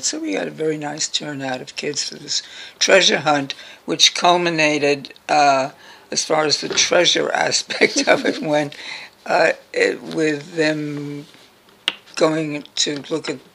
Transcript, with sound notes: So we had a very nice turnout of kids for this treasure hunt, which culminated, as far as the treasure aspect of it went, [laughs] with them going to look at